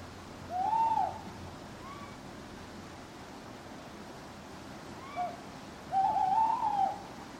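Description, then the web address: Owl hooting: a long wavering hoot near the start, a brief note later, then a longer quavering hoot, against constant low hiss. Owls hooting at night in a churchyard. "birds backgrounds churchyard night owls hooting clock strike"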